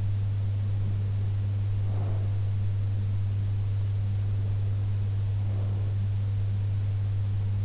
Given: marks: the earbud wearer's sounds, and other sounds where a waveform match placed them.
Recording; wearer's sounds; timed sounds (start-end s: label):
sounds in sleep by an in-ear microphone; breath
1.77-2.53 s: breath
5.28-6.04 s: breath